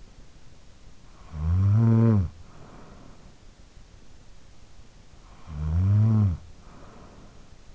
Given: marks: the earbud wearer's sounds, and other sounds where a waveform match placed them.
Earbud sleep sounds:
sounds in sleep by an in-ear microphone; snoring breath
0.96-3.84 s: snoring breath
5.10-7.75 s: snoring breath

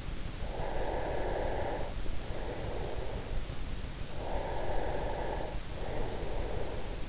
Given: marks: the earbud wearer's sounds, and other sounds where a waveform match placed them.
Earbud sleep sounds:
sounds in sleep by an in-ear microphone; breath
0.55-3.33 s: breath
4.09-7.08 s: breath

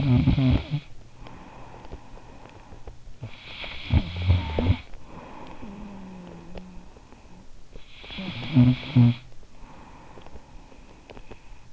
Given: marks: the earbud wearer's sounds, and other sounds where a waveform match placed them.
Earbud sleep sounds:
sounds in sleep by an in-ear microphone; snoring breath
0.00-11.73 s: snoring breath

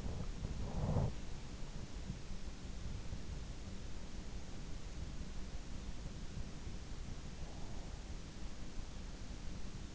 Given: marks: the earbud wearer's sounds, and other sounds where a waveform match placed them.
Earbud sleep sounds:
sounds in sleep by an in-ear microphone; teeth grinding
0.00-1.33 s: teeth grinding

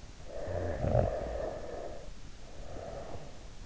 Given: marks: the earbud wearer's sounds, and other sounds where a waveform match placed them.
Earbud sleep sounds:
sounds in sleep by an in-ear microphone; snoring breath
0.29-3.39 s: snoring breath

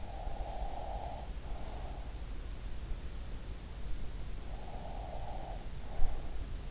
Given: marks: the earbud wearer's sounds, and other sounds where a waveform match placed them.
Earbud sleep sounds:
sounds in sleep by an in-ear microphone; breath
0.13-2.70 s: breath
4.14-6.70 s: breath

